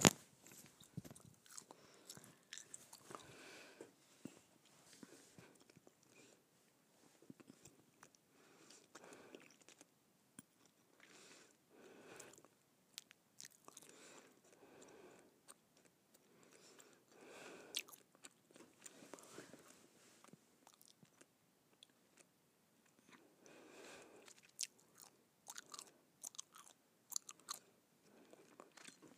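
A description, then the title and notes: Gum chewing with wet, smacking clicks and crackles that come in irregular bursts throughout, each burst lasting a second or two before short quiet gaps. The sounds are sharp and bright, with a soft crunchy texture and no low rumble. ASMR Gum Chewing.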